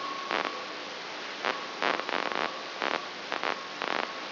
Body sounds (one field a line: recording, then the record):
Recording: brain microelectrode recording played as sound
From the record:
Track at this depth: outside the subthalamic nucleus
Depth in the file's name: 8.904 mm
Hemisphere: left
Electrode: 3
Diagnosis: Parkinson's disease